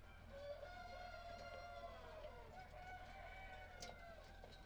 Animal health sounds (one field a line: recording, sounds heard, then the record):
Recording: poultry house recording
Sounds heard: healthy chickens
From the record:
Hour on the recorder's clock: 18